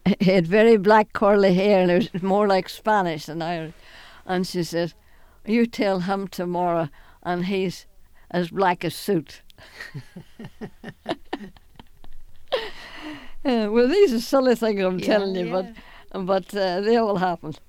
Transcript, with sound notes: he had very black, curly hair, and he was more like Spanish than Irish, and he said, "You tell him tomorrow that he's as black as soot." ( they laugh ) Well, these are silly things I'm telling you, but they all happened.